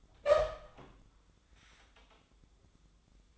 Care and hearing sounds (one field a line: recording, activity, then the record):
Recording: daily activity, microphone in the room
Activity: open door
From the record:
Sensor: 3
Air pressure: 1004.8 hPa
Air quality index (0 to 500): 76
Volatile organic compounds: 2 ppm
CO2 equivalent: 1154 ppm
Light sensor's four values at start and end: 8/19/8/7 and 8/19/8/7